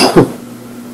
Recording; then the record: coughing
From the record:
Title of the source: Coughing 77